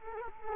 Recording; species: mosquito wingbeat signal from an infrared sensor; Culex quinquefasciatus